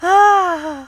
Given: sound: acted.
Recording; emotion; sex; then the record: nonverbal affect burst; pleasure; female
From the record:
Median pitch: 346 Hz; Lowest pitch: 247 Hz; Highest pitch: 414 Hz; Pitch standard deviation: 51 Hz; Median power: 76.6 dB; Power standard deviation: 9.7 dB